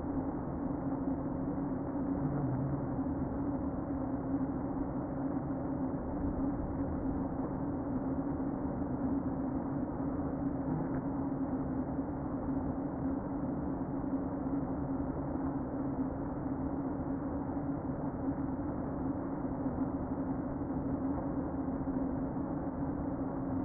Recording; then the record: honeybee colony, microphone inside the hive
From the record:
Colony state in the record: queen present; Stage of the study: before two queens were removed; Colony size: about 60,000 bees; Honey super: yes